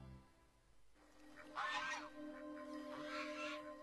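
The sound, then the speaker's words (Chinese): A goose honks twice, two harsh, nasal calls about a second apart, fairly loud over a steady low tonal hum. “鹅鹅鹅，曲项向天歌，白毛浮绿水，红爪拨清波。”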